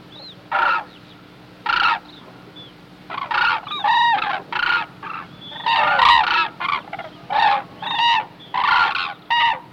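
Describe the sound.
Hooded crane calls, spaced loud honks at first, then denser overlapping trumpeting notes from several birds, with a steady low hum underneath.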